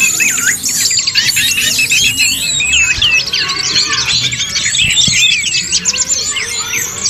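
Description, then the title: Bird chorus of many rapid chirps, twitters and squeaky whistles overlapping continuously; a soft low thud near the fifth second. "SuaraBurung Kicau"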